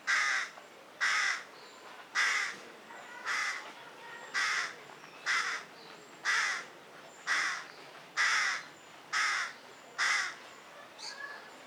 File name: Corvus corone